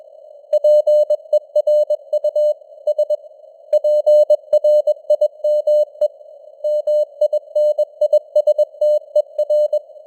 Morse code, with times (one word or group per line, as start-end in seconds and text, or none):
0.5-2.5 PERU
2.9-3.1 S
3.7-6.1 PRIME
6.6-9.8 MINISTER